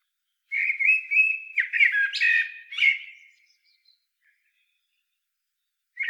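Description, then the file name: Eurasian blackbird singing a mellow, fluty phrase of several whistled notes that closes in thin, scratchy twitters, then quiet until another phrase starts. "Turdus merula"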